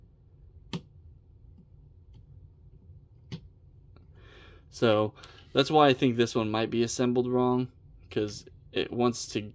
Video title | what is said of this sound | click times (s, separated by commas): Transformers Age of the Primes Megatronus The Fallen review | has a little bit of resistance to get that final little click there. You see it clicked. | 0.7 s